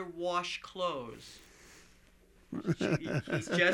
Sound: laughs

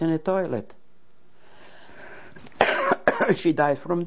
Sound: she coughs

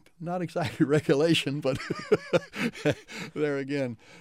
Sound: laughs

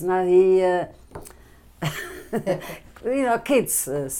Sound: chuckles

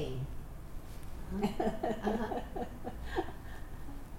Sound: laughs

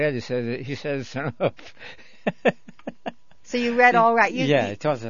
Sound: he laughs

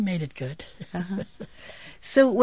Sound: she laughs

